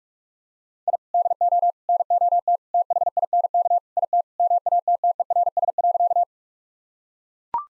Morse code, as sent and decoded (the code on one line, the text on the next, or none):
.. / -.. --- / -. --- - / - .... .. -. -.- / .. - / -- .- - - . .-. ... .-.-.-
I DO NOT THINK IT MATTERS.